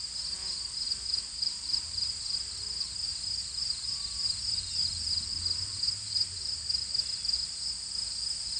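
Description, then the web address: Cricket chirping: steady, sharp high pulses about three per second over a faint low rumble and a few quiet lower notes. "cricket base"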